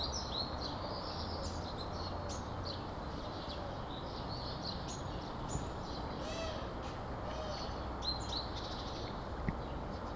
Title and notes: вулиця Шмідта, 20, місто Костянтинівка, Donetsk Oblast, Украина, 85100-Птицы среди руин. Щебет птиц в поросших кустами остатках зданий